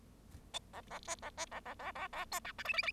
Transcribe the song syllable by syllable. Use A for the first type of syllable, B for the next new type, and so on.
A A B A B A A A A A C D E F F F